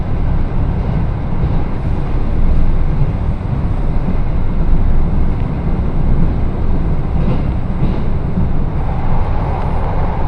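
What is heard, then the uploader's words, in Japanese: A train ride on the Echigo Tokimeki Railway, heard as a steady, dense low rumble that holds level throughout. Faint hissing swells come and go around the seven- and eight-second marks, and a slightly brighter whirring tone rises near the end. 耳で楽しむ鉄道旅 えちごトキめき鉄道 高田→直江津→糸魚川。ディーゼルカー1両で足りてしまいます。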